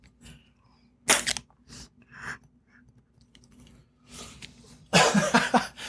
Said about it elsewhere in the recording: That time I was wheezing. I need to take my inhaler should I do a live inhaler hit.